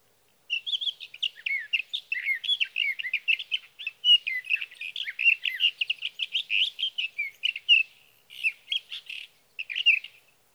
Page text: 61. Sage thrasher songs, through the night. For three nights, from the evening of June 12 to the morning of June 15, 2018, in Sierra Valley, California, I placed a Swift recorder near a male's night roost.